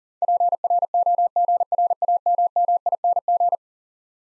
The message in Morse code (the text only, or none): PROGRAMMING